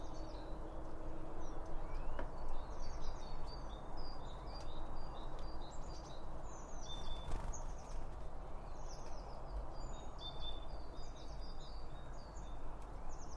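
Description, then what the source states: Several small birds chirping and whistling high and thin in busy overlapping bursts, above a loud steady low background hum. Birds around a bird feeder, recorded with two OM 1 microphones from Line Audio.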